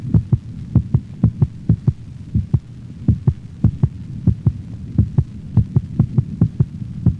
Normal dog recorded over the mitral valve location.